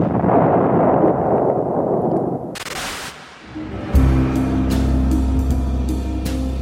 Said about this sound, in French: À Port Fouad, le combat continue sur la rive opposée, sur la rive de Port Saïd. Nous sommes en vue des côtes égyptiennes et déjà au loin, nous entendons tonner les canons anglais.